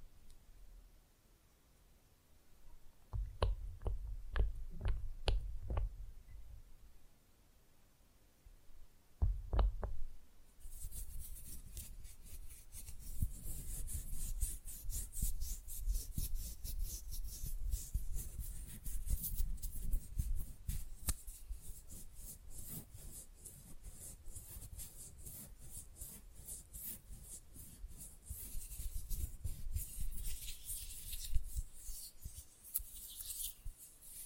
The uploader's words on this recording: ASMR Manicure Session Fast & Rough Nail Filing + Tapping (No Talking).